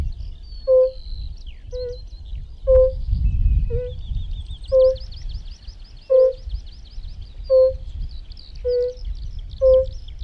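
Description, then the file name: European fire-bellied toad uttering mellow, evenly spaced 'oop' notes about once a second, while birds twitter high above and a low rumble runs throughout. "Rotbauchunke"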